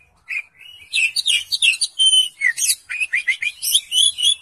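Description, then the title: Oriental magpie-robin song: after a brief opening note, a dense run of sweet whistles and sharp chirps follows almost without pause. "Kacer"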